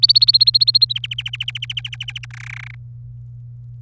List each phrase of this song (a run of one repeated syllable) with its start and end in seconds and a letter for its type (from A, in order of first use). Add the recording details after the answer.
0.03-0.93 A, 0.95-2.25 B, 2.31-2.75 C. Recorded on 26 April 2018 at 17:50. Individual llb3